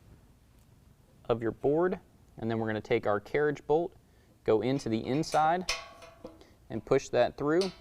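Someone talks while a carriage bolt is pushed from the inside through the metal side step mounting bracket and running-board slot of an N-Fab Black Epyx step on a 2018 Jeep JL, so its square neck can lock in place. Two faint, brief handling ticks come at about 6.2 and 6.4 seconds. Nothing has seated or clicked yet.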